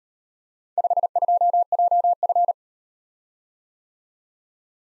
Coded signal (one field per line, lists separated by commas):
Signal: Morse code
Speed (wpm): 38 wpm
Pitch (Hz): 700 Hz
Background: none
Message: 52JF